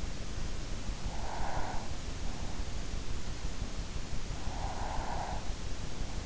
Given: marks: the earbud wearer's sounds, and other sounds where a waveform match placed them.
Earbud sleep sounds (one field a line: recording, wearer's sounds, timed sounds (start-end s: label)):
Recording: sounds in sleep by an in-ear microphone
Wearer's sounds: breath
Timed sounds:
0.93-2.30 s: breath
4.13-5.62 s: breath